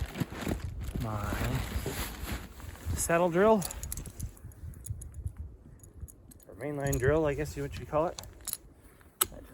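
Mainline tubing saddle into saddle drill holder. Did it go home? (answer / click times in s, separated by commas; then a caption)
yes / 9.2 s. A mainline tubing saddle is pressed into the spring holder of a maple mainline saddle drill while someone talks. Small clicks and rattles sound throughout, and a loud, sharp snap at 9.2 s marks the saddle seating in the holder.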